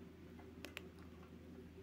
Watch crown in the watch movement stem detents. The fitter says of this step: A couple of little clicks. You can set the time.